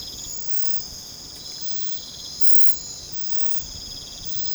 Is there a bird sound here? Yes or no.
no